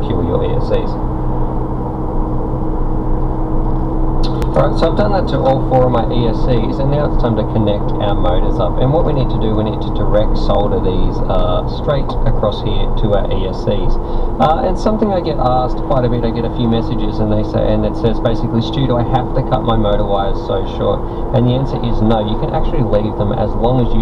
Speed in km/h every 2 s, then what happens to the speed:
61, 63, 63, 63, 61, 60, 56, 53, 53, 55, 56, 56.
0-9 steady at about 63. 9-14 slows to 53. 14-24 steady at about 55.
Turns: none.